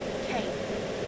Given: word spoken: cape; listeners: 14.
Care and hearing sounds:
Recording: one English word in noise, from a listening test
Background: speech-shaped noise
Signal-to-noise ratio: -5.5 dB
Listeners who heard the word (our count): 5 of 14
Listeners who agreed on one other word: 7 of 14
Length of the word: 0.67 s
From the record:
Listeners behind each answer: 7, 5, 1, 1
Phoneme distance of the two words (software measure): 10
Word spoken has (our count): 1 syllable, 3 phonemes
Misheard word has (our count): 1 syllable, 3 phonemes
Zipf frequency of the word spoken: 3.95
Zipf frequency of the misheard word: 4.81

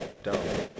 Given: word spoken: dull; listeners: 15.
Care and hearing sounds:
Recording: one English word in noise, from a listening test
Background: noise modulated by three-talker babble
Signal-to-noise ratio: -3.7 dB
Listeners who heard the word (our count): 1 of 15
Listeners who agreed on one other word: 10 of 15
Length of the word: 0.40 s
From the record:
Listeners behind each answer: 10, 2, 1, 1, 1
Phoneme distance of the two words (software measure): 10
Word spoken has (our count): 1 syllable, 3 phonemes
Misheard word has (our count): 1 syllable, 3 phonemes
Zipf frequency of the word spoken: 4.04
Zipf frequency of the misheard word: 3.85

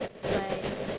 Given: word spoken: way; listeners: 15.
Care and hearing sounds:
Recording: one English word in noise, from a listening test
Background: noise modulated by three-talker babble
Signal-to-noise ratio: -6.6 dB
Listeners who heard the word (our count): 1 of 15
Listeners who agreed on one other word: 6 of 15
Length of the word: 0.58 s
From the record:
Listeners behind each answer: 6, 3, 1, 1, 1, 1, 1, 1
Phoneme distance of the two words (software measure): 17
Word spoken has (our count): 1 syllable, 2 phonemes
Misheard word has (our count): 1 syllable, 3 phonemes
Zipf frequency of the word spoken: 6.12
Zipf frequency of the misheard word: 5.69

